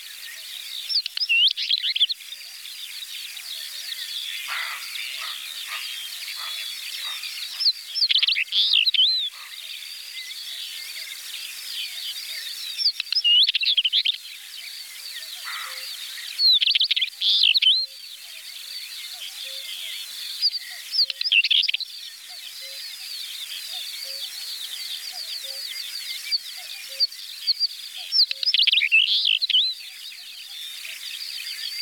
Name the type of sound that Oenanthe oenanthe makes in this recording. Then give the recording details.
song. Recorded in the wild. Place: Neuenwalde / Cuxhaven, Schleswig-Holstein, DE. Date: 1985-05-22. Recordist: Schwarz, Dieter